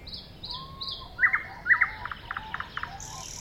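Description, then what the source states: Thrush nightingale song: a few high thin notes, then a few short chirped notes, then a run of dry clicking notes. Recorded at a woodland edge next to a lake in 2001.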